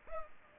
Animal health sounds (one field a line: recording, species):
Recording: mosquito wingbeat signal from an infrared sensor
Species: Culex pipiens